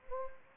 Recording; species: mosquito wingbeat signal from an infrared sensor; Anopheles gambiae